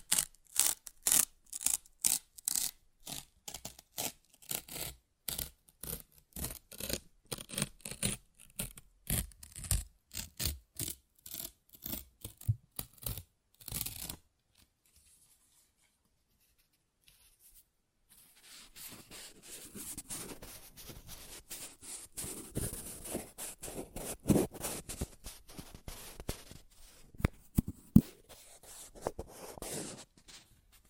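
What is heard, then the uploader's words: Paper being ripped and torn, first in a quick regular run of short, sharp tears that fill the opening fourteen seconds. After a brief near-silent pause around fifteen to eighteen seconds, slower, longer crinkling tears follow, rougher and more uneven, with a louder rip near twenty-eight seconds. ASMR Paper Ripping Tearing Sounds (No Talking).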